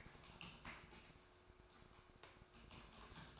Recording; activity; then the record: daily activity, microphone in the room; typing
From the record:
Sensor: 2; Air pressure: 1004.3 hPa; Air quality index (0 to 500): 188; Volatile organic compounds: 10 ppm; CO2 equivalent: 2250 ppm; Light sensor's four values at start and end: 4/11/4/4 and 4/11/4/4